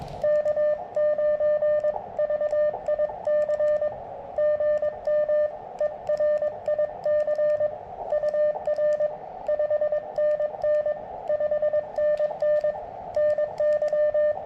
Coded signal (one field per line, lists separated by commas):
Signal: Morse code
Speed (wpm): 22 wpm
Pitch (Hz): 600 Hz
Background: radio noise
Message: K9VIC GM ERIC UR 5NN 5NN NY